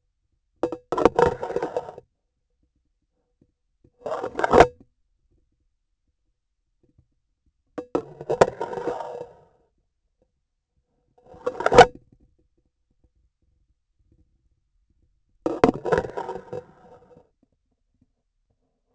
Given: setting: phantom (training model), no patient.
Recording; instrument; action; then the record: laparoscopic instrument, vibration sensor on the handle end; grasping forceps; insertion and removal through the trocar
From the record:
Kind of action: spatial motion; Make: Olympus